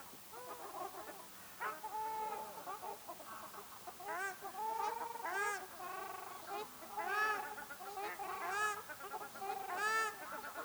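Ruddy shelduck: dense chorus of nasal goose-like honks from several birds, calling almost continuously and overlapping throughout.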